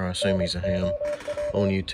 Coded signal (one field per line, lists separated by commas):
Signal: Morse code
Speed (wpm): 26 wpm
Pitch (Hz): 590 Hz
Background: speech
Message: NOW